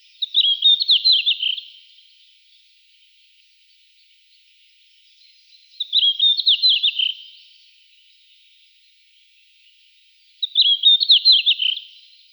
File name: sinehvostka golos